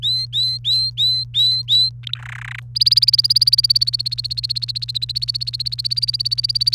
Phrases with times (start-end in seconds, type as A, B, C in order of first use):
0.00-1.90 A, 2.03-2.19 B, 2.20-2.60 C, 2.75-6.74 D